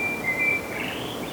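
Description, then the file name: Common blackbird making a thin, sustained whistle that holds steady then fades upward into a softer note, over low constant hiss. "Turdus merula"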